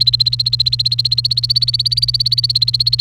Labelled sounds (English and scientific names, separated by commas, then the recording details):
Domestic Canary (Serinus canaria) song
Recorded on 29 April 2018 at 11:39
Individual llb3